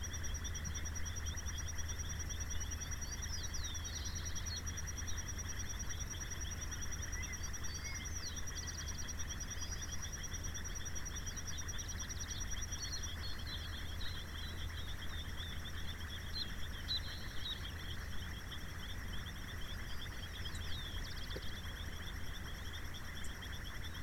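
Birds call at dusk over open pasture, with short chirps and thin whistles scattered throughout. A steady insect drone holds high and unchanging the whole time, while a low constant hum sits underneath.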